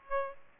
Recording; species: mosquito wingbeat signal from an infrared sensor; Aedes aegypti